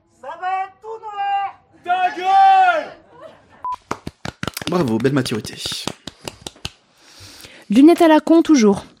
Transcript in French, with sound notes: Ça va être tout noir… Ta gueule! [Les deux présentateurs, faisant un small-clap] Bravo. Belle maturité. Lunettes à la con, toujours.